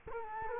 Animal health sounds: mosquito wingbeat signal from an infrared sensor; Culex quinquefasciatus

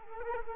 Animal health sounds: mosquito wingbeat signal from an infrared sensor; Culex quinquefasciatus

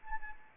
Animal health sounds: mosquito wingbeat signal from an infrared sensor; Anopheles arabiensis

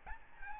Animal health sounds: mosquito wingbeat signal from an infrared sensor; Aedes albopictus

